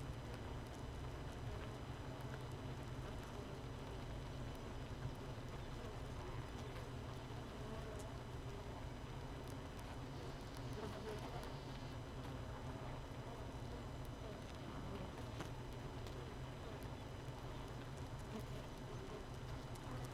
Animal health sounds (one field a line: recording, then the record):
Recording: honeybee colony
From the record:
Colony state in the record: missing queen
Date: 31 May 2018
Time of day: 5:24